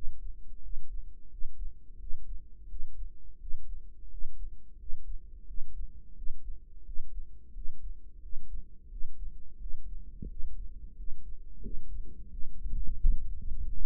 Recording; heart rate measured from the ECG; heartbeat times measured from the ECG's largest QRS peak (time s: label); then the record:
heart sounds by microphone in the right ear; 88 bpm
0.64 s: heartbeat
1.31 s: heartbeat
2.00 s: heartbeat
2.70 s: heartbeat
3.41 s: heartbeat
4.12 s: heartbeat
4.80 s: heartbeat
5.48 s: heartbeat
6.17 s: heartbeat
6.86 s: heartbeat
7.55 s: heartbeat
8.23 s: heartbeat
8.91 s: heartbeat
9.61 s: heartbeat
10.30 s: heartbeat
10.98 s: heartbeat
11.64 s: heartbeat
12.31 s: heartbeat
12.99 s: heartbeat
13.63 s: heartbeat
From the record:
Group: healthy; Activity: rest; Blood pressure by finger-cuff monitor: 134/83 mmHg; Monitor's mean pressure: 102 mmHg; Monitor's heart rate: 88 bpm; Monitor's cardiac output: 7.3 L/min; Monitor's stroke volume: 84 mL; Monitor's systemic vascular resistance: 1020 dyn s/cm5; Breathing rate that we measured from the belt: 18 breaths a minute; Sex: male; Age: 21 years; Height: 175 cm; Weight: 72.6 kg